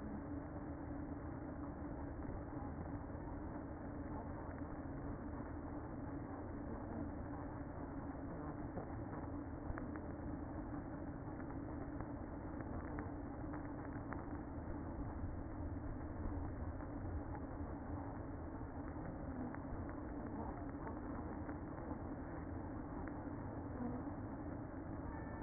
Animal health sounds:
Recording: honeybee colony, microphone inside the hive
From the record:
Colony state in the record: queen present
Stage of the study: after two queens were removed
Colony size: about 60,000 bees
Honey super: yes

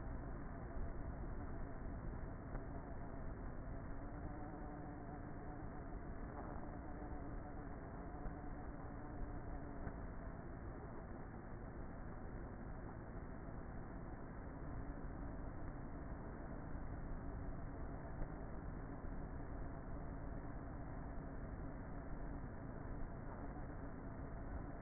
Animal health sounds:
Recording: honeybee colony, microphone inside the hive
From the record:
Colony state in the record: queenless with a low population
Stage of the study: before two queens were removed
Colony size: about 30,000 bees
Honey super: no

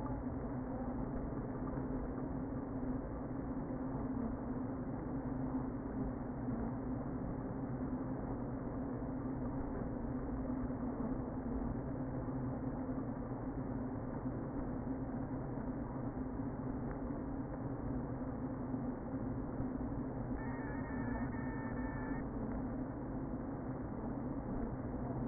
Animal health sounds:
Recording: honeybee colony, microphone inside the hive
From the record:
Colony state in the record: queen present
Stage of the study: before two queens were removed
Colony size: about 60,000 bees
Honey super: yes

